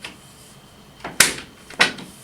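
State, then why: Not seated. The last strip of a Cedar Green 801 aromatic cedar closet system is placed over the top at the end of a closet rail and handled into position. A few soft taps are followed by two sharp knocks at about 1.2 s and 1.8 s. Nothing has seated or clicked yet.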